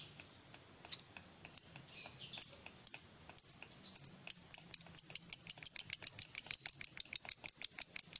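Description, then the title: Lovebird chirping: scattered high chirps at first, then quickening into a rapid, even string of sharp high notes. Lovebird whose style makes it look very clever at 'memancing', luring or provoking other birds into calling. "Dari Gayanya Lovebird Ini Terlihat Pintar Sekali Memancing"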